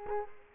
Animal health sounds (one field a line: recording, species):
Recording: mosquito wingbeat signal from an infrared sensor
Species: Culex quinquefasciatus